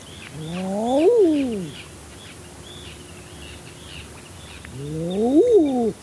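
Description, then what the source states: Common Eider courtship calls: two drawn-out, rising-then-falling crooning 'ah-ooo' notes, about four seconds apart, with faint higher bird calls in the background. Eiders, including drakes, communicating with each other.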